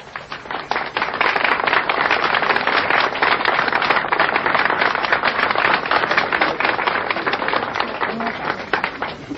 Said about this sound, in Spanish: Gracias por los aplausos, a pesar de que no son para mí.